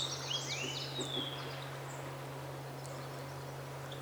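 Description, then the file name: Song sparrow song, a short burst of faint sweeping and falling notes in the first second and a half, then quiet, over a steady low hum. Seven songs recorded on 8 June 2018. "2018-06-08 SOSP-7 songs"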